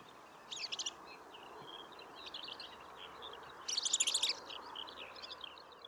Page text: red throated pipit – Birds of Ladakh